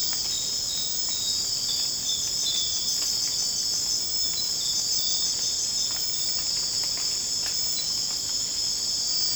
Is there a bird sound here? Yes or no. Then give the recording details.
no. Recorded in secondary vegetation near Puerto Asís, Putumayo, Colombia, on 12 March 2025 at 01:30. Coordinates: 0.485, -76.322. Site G040